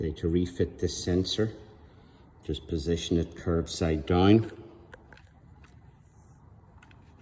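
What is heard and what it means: Someone talks for the first 4.5 seconds while a sensor on a BMW R1300GS motorcycle is positioned curbside down over its mounting hole in the plastic shroud during an INNOVV K7 install. Faint, brief handling ticks follow around 4.9, 5.1, 5.6 and 6.8–6.9 seconds. Nothing has seated or clicked yet; the sensor is only being lined up before being pushed home.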